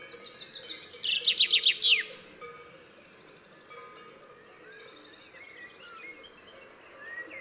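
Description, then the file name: Common chaffinch song: quiet notes build into a loud series of descending strokes, ending in a flourish after two seconds. Faint trills and whistles follow. "Fringilla coelebs"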